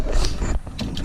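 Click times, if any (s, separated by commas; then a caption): none. A trucker handles a GPS unit, putting it back onto its homemade dash mount cradle after showing how the mount was built. Sharp plastic knocks sound at about 0.3, 0.8 and 1.0 seconds over a low background rumble. The unit has not seated or snapped into the mount yet.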